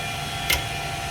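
A metal snap clip is pushed onto the standard (non-electric emergency brake) rear brake caliper of a 2022 Toyota Camry until its leg snaps over the top. A single sharp snap is heard at 0.5 s over a steady background hum. The clip seats in place with a solid, tight fit.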